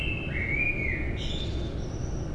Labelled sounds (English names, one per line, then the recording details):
Common Blackbird
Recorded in Germany
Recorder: ecoPi